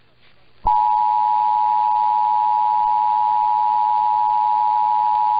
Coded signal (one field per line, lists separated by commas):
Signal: Emergency Alert System (SAME) tones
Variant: 853 and 960 Hz attention tone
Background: speech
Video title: Arizona 12 Hours Later (EAS #7129-7131) 7/13/22